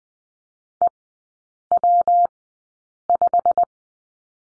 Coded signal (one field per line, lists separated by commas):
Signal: Morse code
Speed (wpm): 20 wpm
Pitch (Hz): 700 Hz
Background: none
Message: EW5